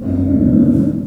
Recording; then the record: squeal of a Yucatan mini pig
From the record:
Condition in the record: after surgery on the right vocal fold (resection and tissue-engineered implant); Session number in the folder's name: 5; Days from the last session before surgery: 33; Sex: female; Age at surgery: 19 weeks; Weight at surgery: 25 kg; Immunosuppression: prednisolone